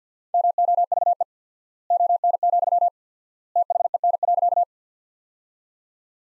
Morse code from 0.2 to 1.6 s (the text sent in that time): MOVE